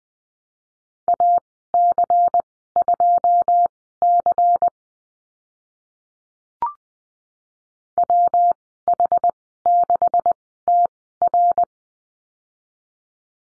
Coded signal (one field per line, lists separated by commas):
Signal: Morse code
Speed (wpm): 20 wpm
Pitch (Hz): 700 Hz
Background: none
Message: AC2C WH6TR